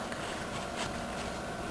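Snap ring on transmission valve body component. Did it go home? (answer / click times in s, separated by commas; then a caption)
no / none. A snap ring is fitted onto a component of a 4L80E transmission valve body, near the fourth clutch accumulator piston pin. Only steady, even broadband noise is heard, with no sharp transients, because the ring slides along rather than snapping into place. No snap or click is heard, and the ring has not seated with a click.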